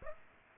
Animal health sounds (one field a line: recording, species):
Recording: mosquito wingbeat signal from an infrared sensor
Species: Aedes aegypti